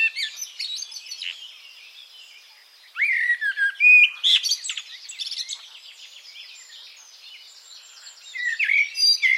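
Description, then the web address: Bird song, soft twittering broken by a loud burst of whistles and chirps midway and another near the close. "cianscape birddata Deverinetal 2025 Bird Only"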